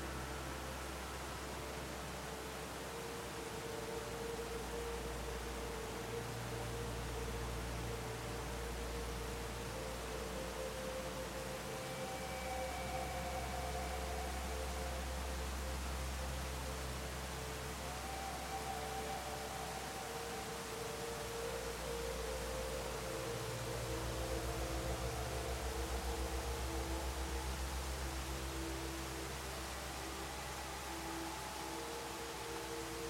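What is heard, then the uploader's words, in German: A waterfall rushes in a steady, dense hiss over a low rumble that swells and eases, with faint soft tones drifting through now and then. Sanften Klang eines WASSERFALLS und Beruhigender MUSIK.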